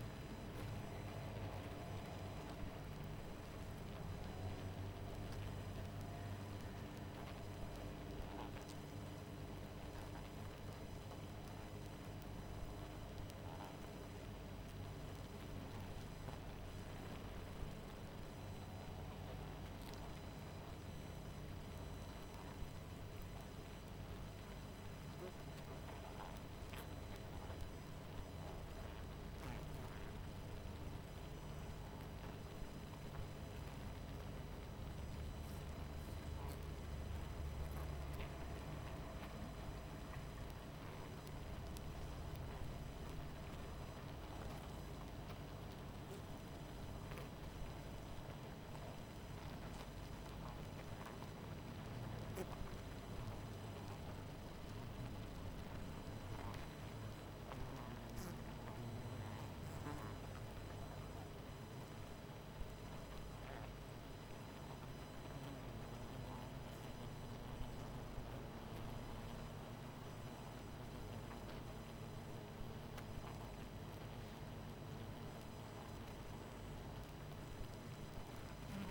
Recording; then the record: honeybee colony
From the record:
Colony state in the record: missing queen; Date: 14 July 2017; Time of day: 22:54